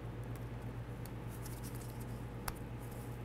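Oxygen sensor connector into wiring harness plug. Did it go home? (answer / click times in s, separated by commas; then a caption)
yes / 2.5 s. An oxygen sensor's electrical connector on a 1994–2004 Chevy S-10 is pushed into the vehicle's wiring harness plug. A steady low hum and faint rustling run through the clip, with small taps near 0.4 s and 1.1 s. A sharp click at 2.5 s marks the connector seating, and it is then tugged to check it and locked in.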